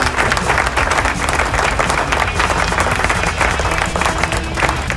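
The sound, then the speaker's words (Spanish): A burst of crowd applause played as a sound effect on AC Rock Radio, dense steady clapping that stays loud and even for the full five seconds, with a faint hint of cheering mixed in. “¿Dónde están los aplausos? Ahí está.”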